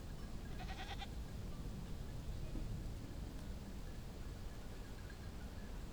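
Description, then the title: Goat bleating once near the start, a short cry over a steady low rumble. Goat herd bleating on a calm morning in a meadow near a farm. "GameAudioGDC. Ambience. Morning, calm. Meadow near a farm. Goat herd bleating, neck bells ringing"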